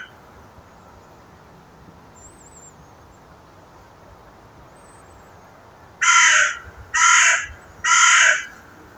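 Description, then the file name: Carrion crow calling three rasping caws in quick, evenly spaced succession after several seconds of quiet, with faint high bird notes early on. "Corvus corone"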